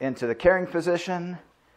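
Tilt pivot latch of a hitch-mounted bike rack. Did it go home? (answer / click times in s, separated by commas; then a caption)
no / none. Someone talks while the metal tilt-pivot latch of a Saris MHS (Modular Hitch System) hitch-mounted bike rack is handled on its hitch pivot. No click is heard, and the rack has not yet clicked into its access position.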